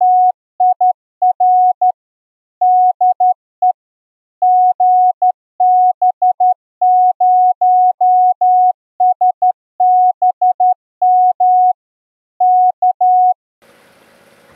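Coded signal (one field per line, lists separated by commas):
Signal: Morse code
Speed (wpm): 12 wpm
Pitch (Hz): 730 Hz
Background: none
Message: TIR DE GB0SBM K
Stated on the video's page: Special event station operation for the Mills on the Air activation at a brass mill.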